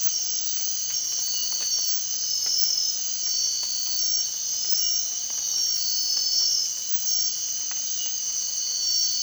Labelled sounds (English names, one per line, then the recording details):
none
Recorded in dense forest near Puerto Asís, Putumayo, Colombia, on 24 March 2025 at 02:30
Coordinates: 0.499, -76.324
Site GP03